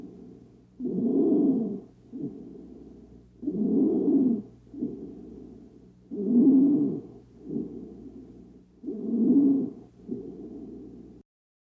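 Four regular breath cycles at about 22 a minute in an adult, each with a loud, harsh, coarse noisy in-breath followed by a quieter out-breath. This is inspiratory stridor, a sign of narrowing of the upper airway.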